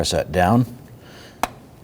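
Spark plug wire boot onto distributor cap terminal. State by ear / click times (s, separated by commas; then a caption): seated / 1.4 s. A new spark plug wire boot on a 1997-2006 Jeep Wrangler is pressed down onto a distributor cap terminal while someone talks. A sharp snap at 1.4 s marks the boot seating, and it is then checked to sit flush with the others.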